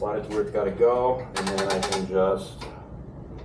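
A keg coupler is being handled above the valve of a new keg that has just been slid into position, while someone talks throughout. Nothing has seated or clicked yet.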